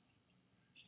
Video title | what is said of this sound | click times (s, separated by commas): Amazon Vine Voice reviewer Randall M. Rueff (K9RMR) works on reviewing items on 10-6-2022 A.D. (6) | it clicks like that. | 0.9 s